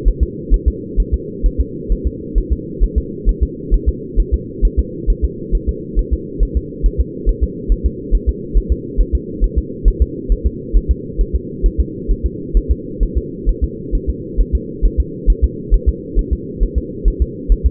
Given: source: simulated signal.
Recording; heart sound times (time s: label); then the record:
fetal heart sounds
0.08 s: S1
0.23 s: S2
0.54 s: S1
0.68 s: S2
1.00 s: S1
1.14 s: S2
1.46 s: S1
1.61 s: S2
1.92 s: S1
2.07 s: S2
2.38 s: S1
2.52 s: S2
2.84 s: S1
2.98 s: S2
3.29 s: S1
3.43 s: S2
3.74 s: S1
3.89 s: S2
4.20 s: S1
4.34 s: S2
4.65 s: S1
4.79 s: S2
5.10 s: S1
5.25 s: S2
5.55 s: S1
5.69 s: S2
5.99 s: S1
6.13 s: S2
6.43 s: S1
6.57 s: S2
6.86 s: S1
7.00 s: S2
7.29 s: S1
7.44 s: S2
7.72 s: S1
7.86 s: S2
8.15 s: S1
8.29 s: S2
8.58 s: S1
8.72 s: S2
9.01 s: S1
9.15 s: S2
9.44 s: S1
9.58 s: S2
9.88 s: S1
10.02 s: S2
10.32 s: S1
10.46 s: S2
10.77 s: S1
10.91 s: S2
11.21 s: S1
11.36 s: S2
11.66 s: S1
11.80 s: S2
12.11 s: S1
12.26 s: S2
12.57 s: S1
12.71 s: S2
13.03 s: S1
13.17 s: S2
13.49 s: S1
13.64 s: S2
13.95 s: S1
14.09 s: S2
14.41 s: S1
14.55 s: S2
14.85 s: S1
15.00 s: S2
15.30 s: S1
15.44 s: S2
15.74 s: S1
15.89 s: S2
16.19 s: S1
16.33 s: S2
16.63 s: S1
16.78 s: S2
17.08 s: S1
17.22 s: S2
17.52 s: S1
17.66 s: S2
From the record:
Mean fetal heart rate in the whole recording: 135 bpm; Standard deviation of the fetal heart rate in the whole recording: 3 bpm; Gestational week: 36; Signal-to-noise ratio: -4.1 dB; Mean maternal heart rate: no maternal heart sound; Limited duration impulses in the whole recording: absent